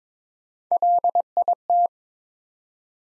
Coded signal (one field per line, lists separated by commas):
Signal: Morse code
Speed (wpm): 22 wpm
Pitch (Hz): 700 Hz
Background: none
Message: LIT